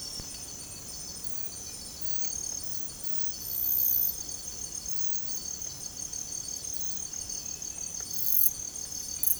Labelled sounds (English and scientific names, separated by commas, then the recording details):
none
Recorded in secondary vegetation near Puerto Asís, Putumayo, Colombia, on 21 December 2024 at 04:00
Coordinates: 0.468, -76.324
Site G095